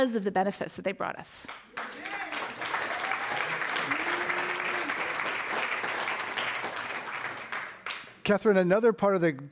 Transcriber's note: applause